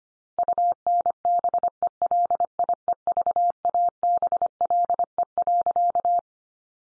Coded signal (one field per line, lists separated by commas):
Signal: Morse code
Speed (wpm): 25 wpm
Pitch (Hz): 700 Hz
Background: none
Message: UNBELIEVABLE.